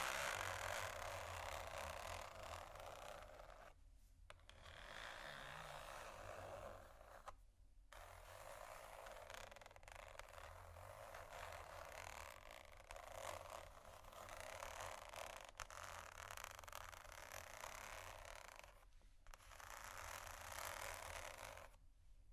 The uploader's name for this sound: tapping, water, scratching, glass, bamboo